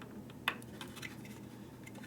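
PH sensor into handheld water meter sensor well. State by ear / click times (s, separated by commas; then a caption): seated / 0.5 s. A replacement pH sensor is pressed straight down with the palm or thumbs into the sensor well of the plastic housing of a Myron L Ultrameter II handheld water meter until it locks. A single sharp click is heard at 0.5 s, with faint ticks around it, and the sensor is seated and locked in place.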